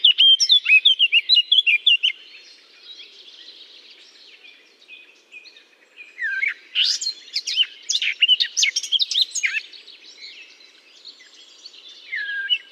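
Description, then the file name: Eurasian blackcap song in three bursts of quick, varied warbling notes, with quieter gaps between them. Singing in holly. "chant de fauvette a tete noire dans houx"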